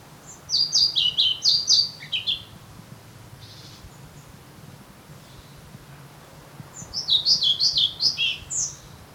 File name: Svartvit flugsnappare